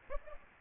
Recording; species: mosquito wingbeat signal from an infrared sensor; Aedes aegypti